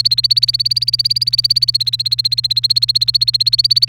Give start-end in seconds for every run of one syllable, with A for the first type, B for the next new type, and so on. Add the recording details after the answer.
0.00-3.89 A. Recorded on 29 April 2018 at 07:57. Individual llb3